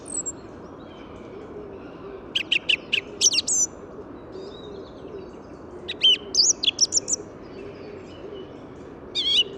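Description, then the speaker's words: Song Thrush giving sparse phrases of short, sharp repeated notes and brief whistles, separated by pauses, with a continuous traffic rumble underneath. Calm, deliberate song of phrases made of repeated notes, just before daybreak in an urban park in the Paris region, France, with south wind and city and motorway noise behind. "Et là, actuellement, pour ce presque lever du jour, je suis sur une grive musicienne, avec son chant posé, réfléchi, des phrases constituées de notes répétées, très agréables."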